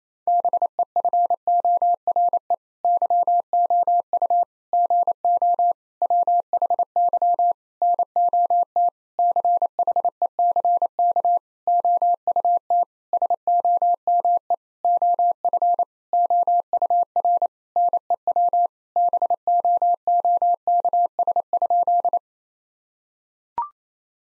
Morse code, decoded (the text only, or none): BEFORE YOU GO WHY NOT CHECK OUT SOME OF OUR NEW BOOKS?